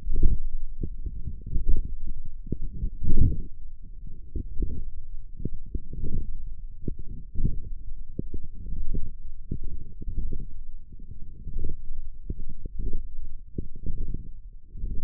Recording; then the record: forearm muscle sounds (acoustic myography)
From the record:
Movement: radial deviation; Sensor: system 1, eight BSWA MPA416 microphones around the upper forearm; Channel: 5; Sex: female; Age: 20 years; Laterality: right